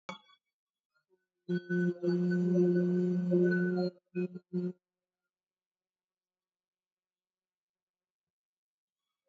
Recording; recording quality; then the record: sustained vowel as in boot; poor, much background noise or distortion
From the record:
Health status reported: COVID-19 positive, mild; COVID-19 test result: positive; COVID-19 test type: RT-PCR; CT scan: taken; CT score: 9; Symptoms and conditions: cough, fatigue, muscle pain, loss of smell and taste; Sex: female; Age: 55 years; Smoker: no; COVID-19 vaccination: one dose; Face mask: worn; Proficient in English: yes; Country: India